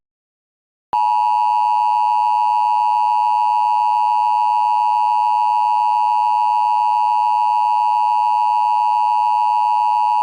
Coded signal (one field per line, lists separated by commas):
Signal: Emergency Alert System (SAME) tones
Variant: 853 and 960 Hz attention tone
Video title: EAS Scenario 9: Too Late.EXE